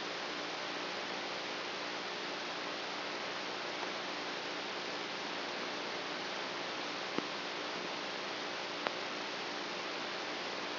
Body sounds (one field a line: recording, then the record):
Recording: brain microelectrode recording played as sound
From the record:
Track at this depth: outside the subthalamic nucleus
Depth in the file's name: -0.909 mm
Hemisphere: right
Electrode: 3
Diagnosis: Parkinson's disease